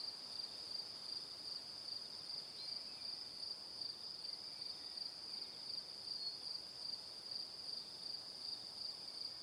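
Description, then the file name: Cricket song, a high trill broken into clear regular pulses a few times a second, repeated evenly across the stretch over quiet hiss. "Calm - Evening Crickets"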